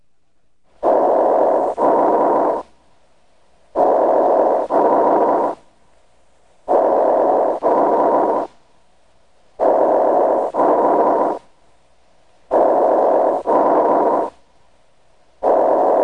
Bronchial breath sounds. Atelectasis. They are audible throughout inspiration and expiration.